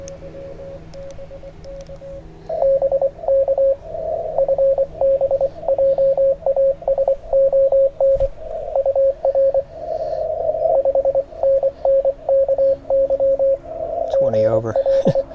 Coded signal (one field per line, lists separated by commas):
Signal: Morse code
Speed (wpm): 23 wpm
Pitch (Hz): 540 Hz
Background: speech, radio noise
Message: BK FB JASON UR 5NN KY GL